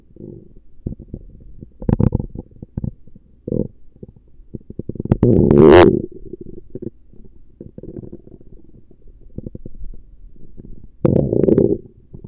Stomach Rumbling Gurgles.